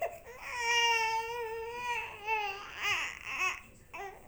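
An infant cries in a long, sustained wail with a clear pitch around 500 Hz that slowly falls, followed by several shorter rising-and-falling cry bursts. The cry is strong and tonal with rich overtones, in a small room.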